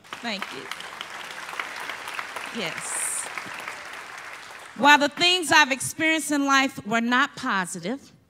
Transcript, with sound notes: Thank you. [applause] Yes. While the things I’ve experienced in life were not positive,